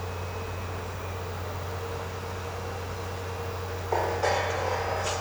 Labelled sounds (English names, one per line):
none